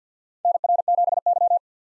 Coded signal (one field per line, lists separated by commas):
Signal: Morse code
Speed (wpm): 48 wpm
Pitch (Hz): 700 Hz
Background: none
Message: NR7Y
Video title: 2023 SOTA Chaser Call Signs - 50wpm